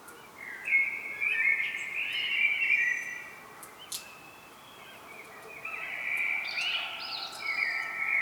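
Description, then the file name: Common blackbird giving a long mellow warbled phrase, a short lull, then another fluting phrase with a high twittered ending. "Turdus merula"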